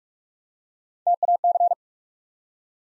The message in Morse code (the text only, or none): TAC